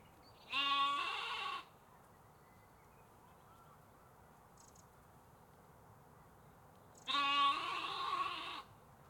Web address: Sonniss com - GDC 2023-Game Audio Bundle. UK Canals, Parks Forests Sheeps Lamps